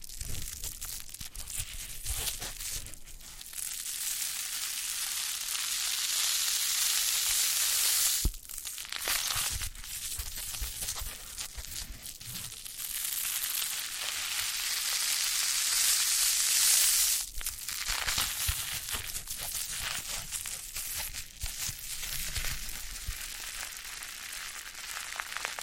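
Foam being massaged gives a dense, fizzing crackle like sizzling, fairly steady throughout, with sharper squeezing bursts near 8 and 17 seconds.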